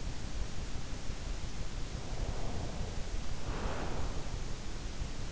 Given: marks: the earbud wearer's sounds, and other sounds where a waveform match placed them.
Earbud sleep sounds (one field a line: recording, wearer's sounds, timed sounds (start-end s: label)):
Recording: sounds in sleep by an in-ear microphone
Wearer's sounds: breath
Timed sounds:
2.02-4.36 s: breath